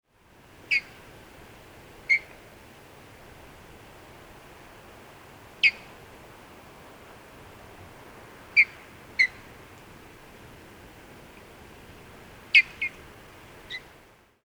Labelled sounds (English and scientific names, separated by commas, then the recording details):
Mountain Bluebird (Sialia currucoides) call
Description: Mountain Bluebird call recorded in Upper Beaver Meadows in Rocky Mountain National Park
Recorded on 23 May 2017